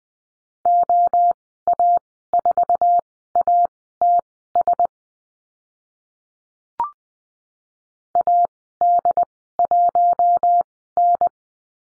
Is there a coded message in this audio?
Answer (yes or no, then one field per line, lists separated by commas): yes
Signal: Morse code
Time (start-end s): 0.7-11.3 s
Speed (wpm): 20 wpm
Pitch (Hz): 700 Hz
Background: none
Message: OA4ATS AD1N